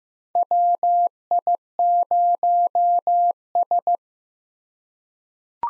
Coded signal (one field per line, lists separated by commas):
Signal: Morse code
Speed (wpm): 15 wpm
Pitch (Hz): 700 Hz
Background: none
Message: WI0S